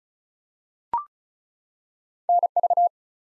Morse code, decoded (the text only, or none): NV